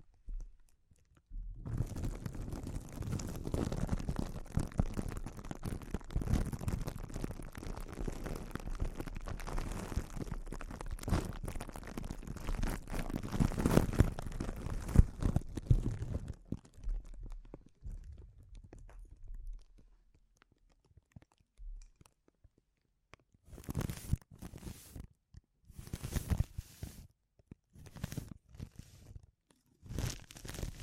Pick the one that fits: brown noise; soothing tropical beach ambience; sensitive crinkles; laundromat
sensitive crinkles